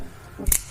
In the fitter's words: press that down, make sure it's locked into place,